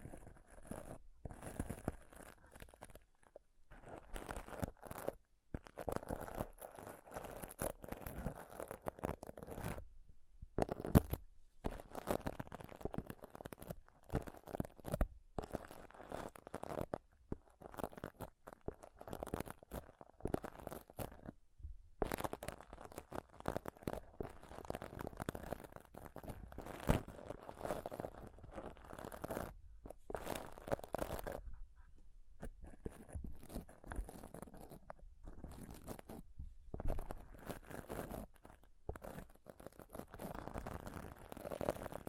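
Mic scratching and touching runs throughout as dense, gritty crunching and rubbing strokes, fast and irregular, spread from low thumps to bright hiss. Brief dead-silent gaps break it up every few seconds, notably near 3, 10, 21 and 31 seconds.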